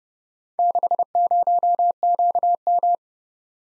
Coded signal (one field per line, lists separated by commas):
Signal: Morse code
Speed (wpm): 30 wpm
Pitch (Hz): 700 Hz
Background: none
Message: 60QM